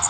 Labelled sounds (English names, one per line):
Magnolia Warbler flight call